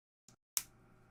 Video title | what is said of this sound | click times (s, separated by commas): The Spooky Camper will be finished today! (LEGO VW Camper) | a good good snap sound | 0.6 s